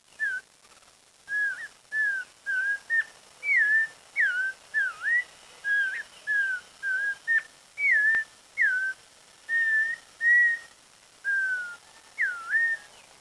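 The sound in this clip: Bird giving clear whistled notes, each slurred up or down, repeated with slight changes in shape.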